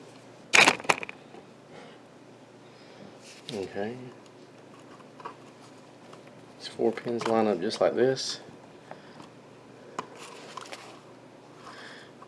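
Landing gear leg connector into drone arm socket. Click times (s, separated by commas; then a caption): 10.0 s. The four-pin connector of a replacement Mavic 2 landing-gear leg is lined up and pushed back into its plastic socket in the drone arm, fixing the leg without replacing the arm. Someone talks over faint handling noises, and a sharp snap at 10.0 s confirms the connector has seated.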